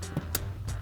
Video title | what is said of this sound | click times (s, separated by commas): 2010-2024 4Runner Pedal Commander Bluetooth Throttle Response Controller Review & Install | that click, and give it a little tug, just to make sure that it's locked into place. | 0.4 s